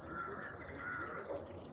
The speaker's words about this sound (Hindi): सुनते हो इन पक्षियों की आवाजों को? इनमें है प्रमाण।